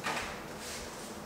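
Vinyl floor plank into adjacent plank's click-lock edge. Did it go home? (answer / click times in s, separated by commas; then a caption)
no / none. At the start of a new row, the long edge of a vinyl floor plank is angled into the click-lock edge of the adjacent plank in the previous row on a concrete slab basement floor. A short broadband scrape of handling in the first 0.2 s is followed by a steady low hiss. Nothing has clicked or seated yet.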